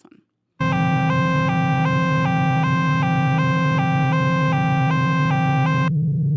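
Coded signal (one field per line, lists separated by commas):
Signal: none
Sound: a transit announcement chime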